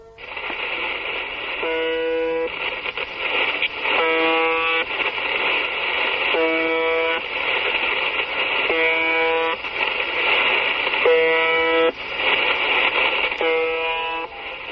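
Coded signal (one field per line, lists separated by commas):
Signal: channel marker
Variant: UVB-76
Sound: six short harsh buzzes about 2.4 seconds apart over steady radio hiss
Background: radio static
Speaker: Pues podría ser el claxon de un camión, la sirena de un barco, pero no, se llamaba UVB-76.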